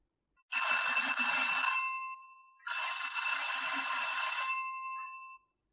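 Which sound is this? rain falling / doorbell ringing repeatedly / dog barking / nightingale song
doorbell ringing repeatedly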